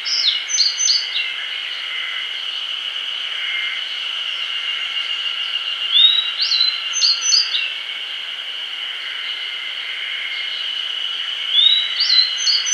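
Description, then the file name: Grey bunting giving short, high chirped phrases of quick slurred and rising notes at the start, around six seconds and near the end, over a steady high buzzing drone. "Emberiza variabilis"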